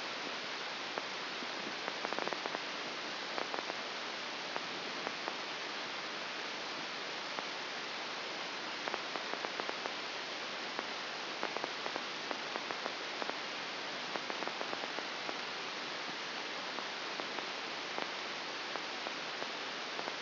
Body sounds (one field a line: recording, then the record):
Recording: brain microelectrode recording played as sound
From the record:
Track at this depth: inside the subthalamic nucleus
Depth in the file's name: 2.1 mm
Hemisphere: left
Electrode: 2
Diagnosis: Parkinson's disease